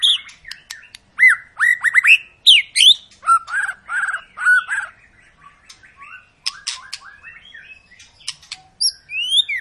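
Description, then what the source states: White-rumped shama singing a rich medley of looping whistles, clicks and chattering notes, delivered in fast, uneven bursts. Long lure song played to make other birds sing.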